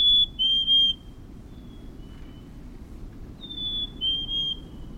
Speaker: una brasa se enciende en la melodía de un carbonero de gorra negra.